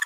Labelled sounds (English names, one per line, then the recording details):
Green-rumped Parrotlet babbling
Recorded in a nest box in Venezuela
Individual 18B25A5